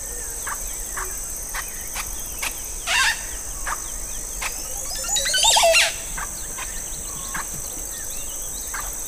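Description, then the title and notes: Montezuma oropendola, a brief liquid outburst, then a longer gurgling, cascading phrase, against constant high-pitched insect hum and sparse background bird notes. Heard at dawn in the Cordillera Nombre de Dios, Honduras. "Oropéndola hondureña. Sonido de una hermosa Oropéndola en un amanecer de la Cordillera Nombre de Dios en Honduras. La Zacua mayor (Psarocolius montezuma)"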